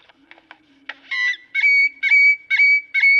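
Great-tailed grackle calls: a few soft clicks, then loud, ringing whistled notes repeated about every half second.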